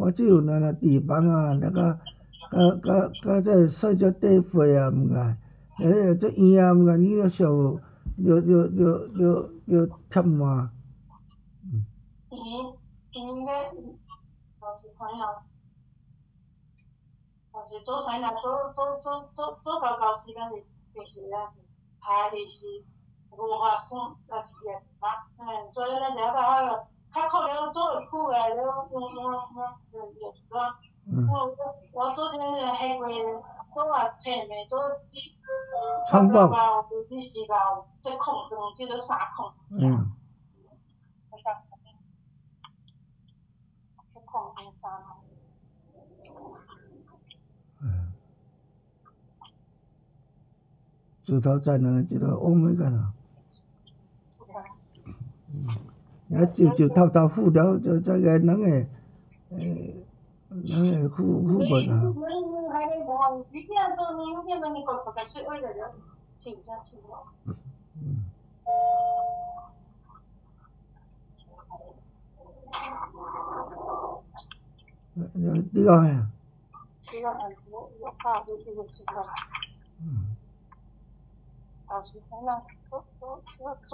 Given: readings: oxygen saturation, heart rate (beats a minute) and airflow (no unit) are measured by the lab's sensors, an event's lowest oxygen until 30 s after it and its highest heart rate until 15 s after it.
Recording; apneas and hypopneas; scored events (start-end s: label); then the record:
a person awake in a sleep study, by a smartphone at the bedside; none
0.00-83.94 s: awake
From the record:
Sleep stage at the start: awake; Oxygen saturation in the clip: 93 to 96%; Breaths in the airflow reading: 20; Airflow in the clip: -8.7 to 6.9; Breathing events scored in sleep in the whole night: 270 in 6.1 hours asleep